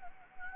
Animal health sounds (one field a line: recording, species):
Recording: mosquito wingbeat signal from an infrared sensor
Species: Anopheles gambiae